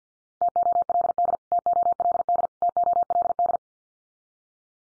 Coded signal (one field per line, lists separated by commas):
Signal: Morse code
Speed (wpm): 50 wpm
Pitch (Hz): 700 Hz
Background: none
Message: TOLD TOLD TOLD